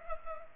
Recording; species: mosquito wingbeat signal from an infrared sensor; Culex pipiens